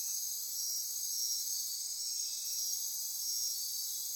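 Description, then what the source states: Insect chorus of steady high-pitched trills and buzzing, continuous and even, nothing else clearly heard. Insect chorus at midnight near Corcovado.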